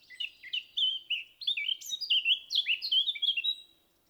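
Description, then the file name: Eurasian blackcap song: a fast, loud phrase of varied warbling and clear fluted notes, running about three and a half seconds before stopping. "Sylvia atricapilla"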